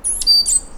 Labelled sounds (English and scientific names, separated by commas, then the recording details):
Stitchbird (Notiomystis cincta) song
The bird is a male
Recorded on Tiritiri Matangi Island, New Zealand, in 2005
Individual 1, of nest box 1